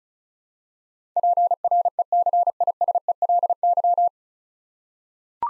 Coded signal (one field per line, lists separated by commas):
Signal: Morse code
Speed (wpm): 34 wpm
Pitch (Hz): 700 Hz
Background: none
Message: PRECISELY